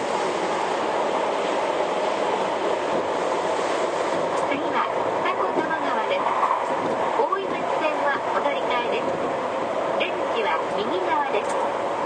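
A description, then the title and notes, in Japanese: A Tokyu 2020 series train runs on the Oshiage to Chuo-Rinkan line, giving a steady, dense rumble and hum at an even loudness throughout. Voices murmur underneath, and short clicks and rattles come and go from about four seconds onward. 東急2020系 押上→中央林間。東急田園都市線の新車です。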